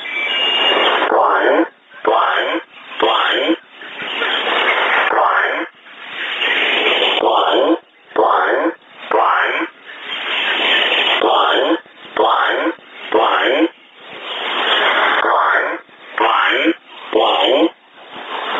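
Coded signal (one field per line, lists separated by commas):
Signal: numbers station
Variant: E07, English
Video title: 16 03 2019 E07 English Man Numbers station in English 0740 on 12112 unknown tx site in USB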